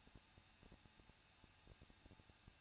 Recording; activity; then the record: daily activity, microphone in the room; no activity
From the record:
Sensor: 2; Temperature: 21.0 degrees Celsius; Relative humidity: 37.5%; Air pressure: 1006.2 hPa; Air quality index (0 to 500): 222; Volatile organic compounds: 24 ppm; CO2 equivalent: 2821 ppm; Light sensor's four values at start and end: 2/3/2/2 and 2/3/2/2